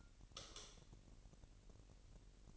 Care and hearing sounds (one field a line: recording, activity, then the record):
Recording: daily activity, microphone in the room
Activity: light off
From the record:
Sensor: 4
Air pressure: 1002.7 hPa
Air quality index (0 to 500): 249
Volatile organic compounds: 18 ppm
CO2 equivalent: 2613 ppm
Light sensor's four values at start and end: 6/15/6/6 and 6/13/5/5